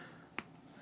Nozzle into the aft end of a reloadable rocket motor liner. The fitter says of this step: you'll feel it kind of click